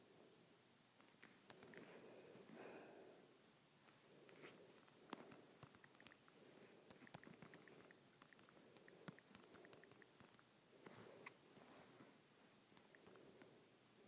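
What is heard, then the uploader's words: Fingers tap a phone screen in quick, uneven bursts of sharp little clicks that continue through the whole recording, some louder than others. A soft, muffled murmur and rustling rise and fall underneath. Tapping my Android Phone.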